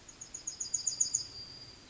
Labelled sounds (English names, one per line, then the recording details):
Yellowhammer song
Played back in forest
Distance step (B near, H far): E
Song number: 160